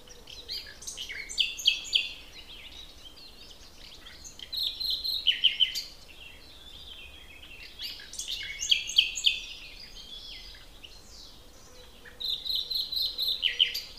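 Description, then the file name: Common nightingale song: several phrases of varied whistles, trills and sharp chirps with quiet gaps between. "Luscinia megarhynchos"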